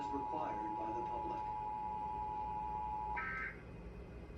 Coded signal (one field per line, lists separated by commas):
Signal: Emergency Alert System (SAME) tones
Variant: 853 and 960 Hz attention tone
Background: speech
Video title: EAS #40 - National Periodic Test/Nationwide Test